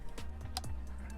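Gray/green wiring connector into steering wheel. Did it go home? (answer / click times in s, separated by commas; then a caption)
yes / 0.6 s. A gray and green wiring connector is pushed onto the left top of an Alcantara BMW Performance steering wheel during its install on an E90 3 Series M3. Over a steady low hum, a sharp click sounds at 0.6 s, between fainter ticks at 0.2 s and just after 0.6 s. The connector clicks in and is seated.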